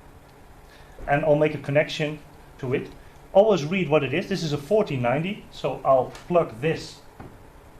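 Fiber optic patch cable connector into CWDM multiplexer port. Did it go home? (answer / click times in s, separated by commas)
no / none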